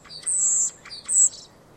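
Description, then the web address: Common starling whistles: two long, very high, thin notes, the first drawn out and steady, the second shorter and brighter, with faint clicks between. "Deverinetal 2025. Bird Only"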